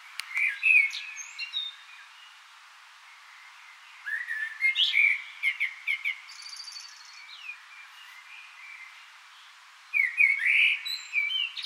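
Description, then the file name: Common blackbird singing three separate phrases of mellow fluted whistles and thin, high-pitched chattering twitters, with quiet gaps between them. "Turdus merula"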